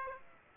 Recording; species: mosquito wingbeat signal from an infrared sensor; Aedes aegypti